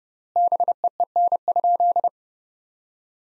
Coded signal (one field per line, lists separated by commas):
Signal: Morse code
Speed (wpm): 30 wpm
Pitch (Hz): 700 Hz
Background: none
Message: BEEN?